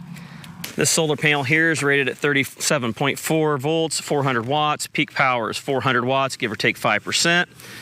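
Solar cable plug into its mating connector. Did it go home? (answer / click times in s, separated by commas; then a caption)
yes / 0.6 s. A keyed solar-panel cable plug is pushed into its mating connector and clicks into place at 0.6 s, seating and locking. Someone then talks for the rest of the clip.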